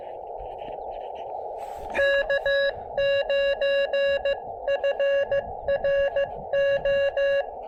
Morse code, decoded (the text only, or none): K9FRO